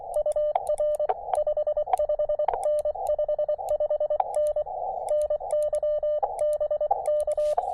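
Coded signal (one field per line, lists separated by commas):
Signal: Morse code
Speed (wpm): 23 wpm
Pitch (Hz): 600 Hz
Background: radio noise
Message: UR 55N 55N NY BK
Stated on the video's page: POTA/SOTA CW activation with a KX2 and 17-foot vertical; short pile-ups on 20m, then 15m contacts including England.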